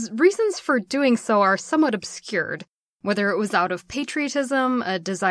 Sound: none